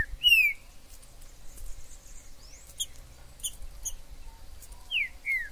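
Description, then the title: Green-winged saltator sounding one slurred whistle, then a pair of falling whistles near the end, with scattered thin chirps between. In the forest: calling, singing and male territorial dispute; used to stimulate a kept trinca-ferro. "TRINCA Piando, Cantando E Macheando Na DISPUTA. TRINCA FERRO no MATO. Trinca ferro MAJOR no MATO"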